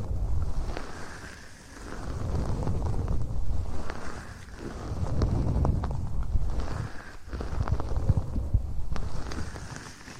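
Muffled rubbing and massaging sounds near the ear, with aloe vera gel giving soft squelching and wet crackles. Pressure swells and eases in slow waves every two to three seconds, heavy and low, with brief sharp clicks and pops scattered throughout.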